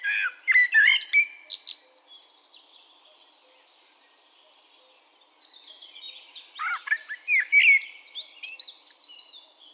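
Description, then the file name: Eurasian blackbird song: a mellow whistled phrase with a squeaky twittering tail, a pause, then a longer warbling phrase. "Turdus merula"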